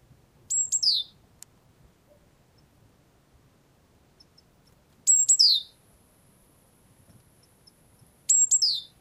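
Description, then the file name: Great tit calls: three sharp, high, downward-sliding bursts spaced several seconds apart, with quiet gaps between. "Parus major"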